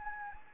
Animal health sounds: mosquito wingbeat signal from an infrared sensor; Anopheles gambiae

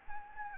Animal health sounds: mosquito wingbeat signal from an infrared sensor; Anopheles gambiae

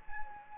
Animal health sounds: mosquito wingbeat signal from an infrared sensor; Anopheles gambiae

